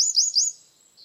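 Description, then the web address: Bird giving three quick, high upslurred notes in a brief burst, then near silence. "Bird Only"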